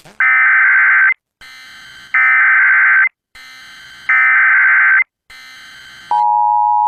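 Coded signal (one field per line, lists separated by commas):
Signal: Emergency Alert System (SAME) tones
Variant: header bursts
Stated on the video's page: Tornado warning received on NOAA Weather Radio.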